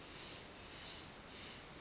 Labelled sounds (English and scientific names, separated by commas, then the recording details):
Pacific Wren (Troglodytes pacificus)
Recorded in Sonoma County, California